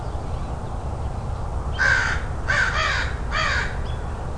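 Crow cawing: three harsh, rasping caws in quick succession midway through, with faint small-bird chirps in the background.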